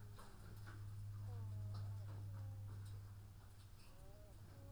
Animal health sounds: poultry house recording; sick chickens (respiratory disease)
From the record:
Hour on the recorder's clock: 14

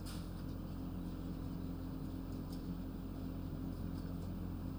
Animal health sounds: poultry house recording; healthy chickens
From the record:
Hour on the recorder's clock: 23

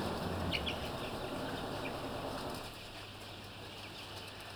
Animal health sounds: poultry house recording; healthy chickens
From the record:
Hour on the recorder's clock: 8

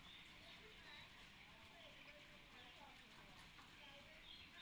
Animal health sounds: poultry house recording; healthy chickens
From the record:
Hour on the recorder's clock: 10

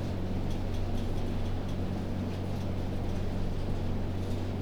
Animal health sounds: poultry house recording; no chicken sound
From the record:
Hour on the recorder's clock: 2

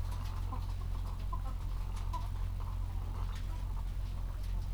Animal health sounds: poultry house recording; sick chickens (respiratory disease)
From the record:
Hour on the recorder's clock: 14

